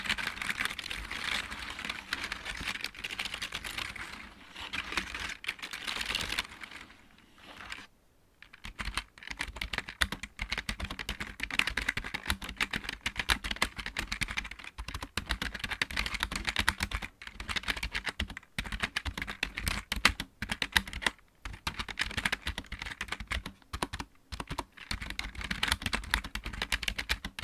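Dense, rapid tapping and scratching of nails on items, clicky like typing, runs nearly nonstop with brief pauses around eight and twenty-one seconds.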